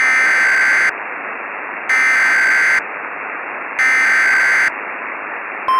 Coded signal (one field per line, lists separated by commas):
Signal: Emergency Alert System (SAME) tones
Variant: header bursts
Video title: eas mock